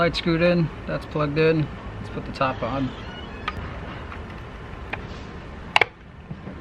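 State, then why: Seated. Someone talks while a plastic top cover is pressed onto the side mirror housing of a 2019 WRX after the new turn-signal light has been wired in. After a few small knocks, two sharp clicks land close together at 5.8 seconds as the cover snaps into place and seats.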